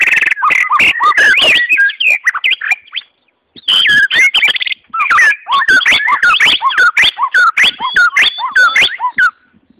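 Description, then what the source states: White-rumped shama song: rich, varied whistled phrases with sharp clicking ticks, rising and falling slurs between low and high notes, a short pause near three seconds. Wild forest bird; its original, natural song.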